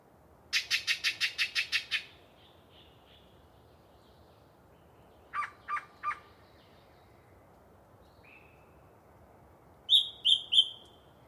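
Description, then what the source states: Yellow-breasted chat song: a rapid burst of harsh chattering notes, then three quick clucks, a brief slurred whistle and a few high squeaky notes. Pre-dawn, a particularly chatty bird giving a long soliloquy from deciduous cover.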